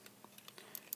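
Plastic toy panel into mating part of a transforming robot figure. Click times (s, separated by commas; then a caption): 0.9 s. Two plastic panels of a Transformers Masterpiece G2 Lambor (Sideswipe) transforming robot figure are pressed together. Several faint plastic ticks come first, then a sharp, louder snap at 0.9 s. The panel locks into place and the joint is much more solid.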